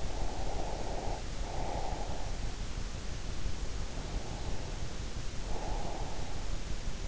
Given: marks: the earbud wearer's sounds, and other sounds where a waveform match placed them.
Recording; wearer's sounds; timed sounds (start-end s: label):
sounds in sleep by an in-ear microphone; breath
0.00-2.22 s: breath
3.92-6.20 s: breath